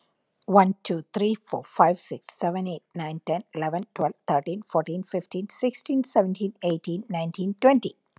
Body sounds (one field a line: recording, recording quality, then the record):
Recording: counting at a fast pace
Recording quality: excellent, no background noise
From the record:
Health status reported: healthy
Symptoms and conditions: hypertension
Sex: female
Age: 55 years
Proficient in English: yes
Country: United States